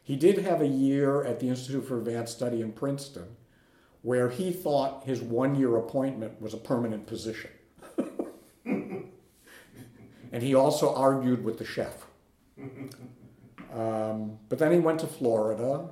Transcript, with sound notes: He did have a year at the Institute for Advanced Study in Princeton, where he thought his one-year appointment was a permanent position. (laughter) And he also argued with the chef. But then he went to Florida.